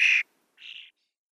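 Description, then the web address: European starling begging calls: two harsh, raspy bursts, the first loud and the second softer after a short pause, with silence around them. Nestlings. "Schulze Peter European Starling nestlings"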